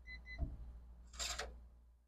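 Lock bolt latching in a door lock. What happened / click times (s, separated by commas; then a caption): The door lock bolt latched by itself / 1.4 s. Two short electronic beeps sound from a freshly installed TB S003MBK fingerprint door lock, followed by a low thump. After the handle is let go, the lock's bolt latches by itself with a rising mechanical rattle and a sharp short click at 1.4 s. The lock is confirmed closed.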